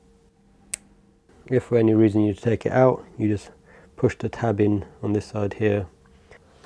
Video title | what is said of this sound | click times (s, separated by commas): #53 Layout / Installing Relay / Wiring Crimping 2.54mm Molex / Ferrules - Duet CNC Controller P1 | And I can push it into the plastic housing and you will hear it click. | 0.7 s